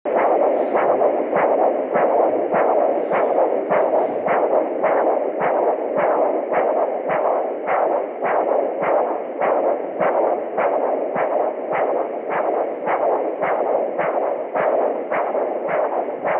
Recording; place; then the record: Doppler ultrasound of blood flow; carotid artery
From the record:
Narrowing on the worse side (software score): normal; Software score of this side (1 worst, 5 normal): 5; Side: left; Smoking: former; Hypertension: yes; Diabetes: no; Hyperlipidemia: yes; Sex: male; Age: 22 years